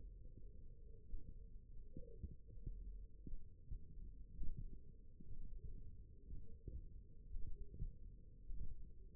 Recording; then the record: forearm muscle sounds (acoustic myography)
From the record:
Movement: finger pinch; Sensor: system 1, eight BSWA MPA416 microphones around the upper forearm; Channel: 3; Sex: female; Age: 21 years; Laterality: right